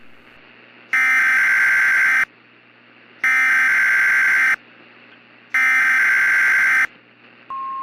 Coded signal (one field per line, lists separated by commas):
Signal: Emergency Alert System (SAME) tones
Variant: header bursts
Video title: Gulf Coast Derecho - EAS Scenario